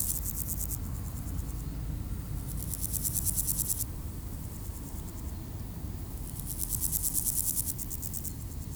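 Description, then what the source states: Grasshoppers give repeated bursts of rapid, dry pulsed buzzing, each lasting one to two seconds with pauses between, above a continuous low hum of road traffic. Grasshoppers by road D633 at Aveize, France, with cars passing, around five o'clock; recorded with a Sony PCM-M10 in AB microphone position.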